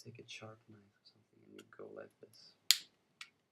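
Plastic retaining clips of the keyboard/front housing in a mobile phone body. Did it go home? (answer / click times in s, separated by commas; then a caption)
released / 2.7 s, 3.2 s. A sharp knife or fingernail is pushed into the plastic retaining clips of the keyboard/front housing on a w810i mobile phone body during disassembly, while someone talks. Sharp clicks ring out at 2.7 s and 3.2 s as the clips pop free. The clicks mean the housing part is released and loose.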